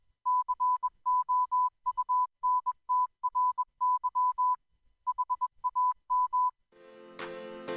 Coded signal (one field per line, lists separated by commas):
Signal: Morse code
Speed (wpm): 21 wpm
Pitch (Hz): 1000 Hz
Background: music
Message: COUNTRY HAM